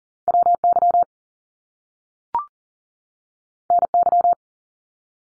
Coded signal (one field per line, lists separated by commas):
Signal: Morse code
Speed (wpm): 40 wpm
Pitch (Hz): 700 Hz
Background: none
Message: WY NY